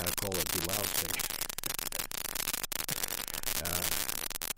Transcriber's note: laughs